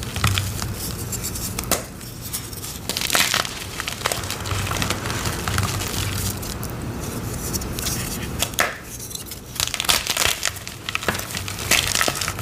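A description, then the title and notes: Dyed gym chalk sticks are crushed, giving a dense, gritty crunching that runs almost without pause. Sharper snaps and crackles burst out irregularly, notably near 3, 8.5 and 10–12 seconds, over a faint low hum. ASMR crushing yellow dyed gym chalk sticks.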